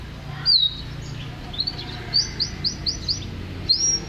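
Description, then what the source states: Canary song phrase of sharp whistled notes, a quick run of upslurred chirps near the middle, and a final high whistle. Champion competition bird that took first place at a contest level, described as a vigorous, continuous singer (gacor).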